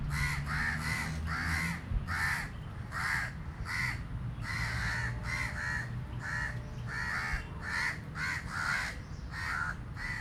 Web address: travelogue 2018 South India street recordings birds. crows